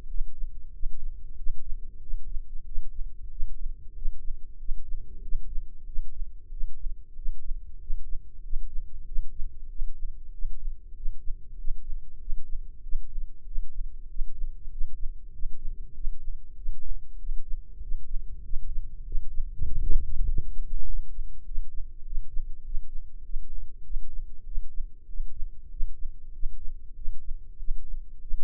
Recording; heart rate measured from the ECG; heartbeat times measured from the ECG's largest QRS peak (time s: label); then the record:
heart sounds by microphone in the right ear; 96 bpm
0.06 s: heartbeat
0.71 s: heartbeat
1.34 s: heartbeat
1.99 s: heartbeat
2.63 s: heartbeat
3.28 s: heartbeat
3.93 s: heartbeat
4.56 s: heartbeat
5.20 s: heartbeat
5.84 s: heartbeat
6.49 s: heartbeat
7.13 s: heartbeat
7.78 s: heartbeat
8.41 s: heartbeat
9.04 s: heartbeat
9.67 s: heartbeat
10.30 s: heartbeat
10.93 s: heartbeat
11.55 s: heartbeat
12.17 s: heartbeat
12.80 s: heartbeat
13.43 s: heartbeat
14.06 s: heartbeat
14.68 s: heartbeat
15.30 s: heartbeat
15.92 s: heartbeat
16.54 s: heartbeat
17.16 s: heartbeat
17.79 s: heartbeat
18.41 s: heartbeat
19.02 s: heartbeat
19.63 s: heartbeat
20.24 s: heartbeat
20.84 s: heartbeat
21.43 s: heartbeat
22.02 s: heartbeat
22.62 s: heartbeat
23.21 s: heartbeat
23.82 s: heartbeat
24.43 s: heartbeat
25.05 s: heartbeat
25.68 s: heartbeat
26.31 s: heartbeat
26.94 s: heartbeat
27.56 s: heartbeat
28.19 s: heartbeat
From the record:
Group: healthy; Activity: rest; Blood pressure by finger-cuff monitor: 94/66 mmHg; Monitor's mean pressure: 74 mmHg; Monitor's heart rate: 95 bpm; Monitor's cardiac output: 7.7 L/min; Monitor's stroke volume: 80 mL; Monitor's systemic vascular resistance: 710 dyn s/cm5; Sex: male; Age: 19 years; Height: 178 cm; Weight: 83 kg